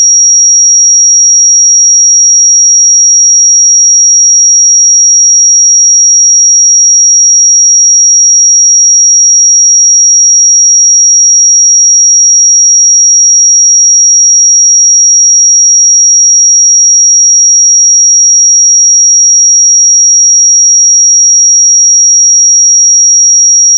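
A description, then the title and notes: A pure sine tone at 5669 Hz holds perfectly steady for the whole 24 seconds. It is a single thin, bright, piercing pitch at constant loudness, with no breaks, wavering or other sounds behind it. 5669 Hz 1 Hz Interval Sine Pure Tone Frequency 441000 Sample Mono.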